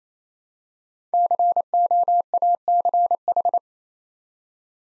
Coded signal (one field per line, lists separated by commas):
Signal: Morse code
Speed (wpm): 27 wpm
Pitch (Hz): 700 Hz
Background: none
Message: COACH